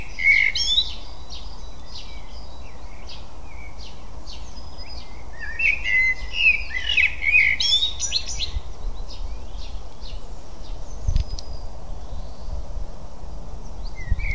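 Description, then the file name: Eurasian blackbird song: scattered fluty phrases and high scratchy notes, clustered early and around the middle, amid steady background noise. "Turdus merula"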